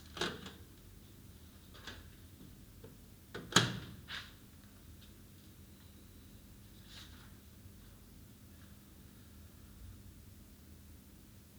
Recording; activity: daily activity, guitar pickup as the sensor; use microwave